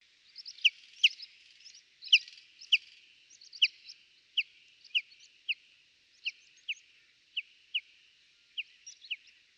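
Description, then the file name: Common chaffinch giving many sharp, downslurred high call notes at irregular intervals, with fainter chirps in between. "Fringilla coelebs"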